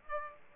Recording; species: mosquito wingbeat signal from an infrared sensor; Aedes aegypti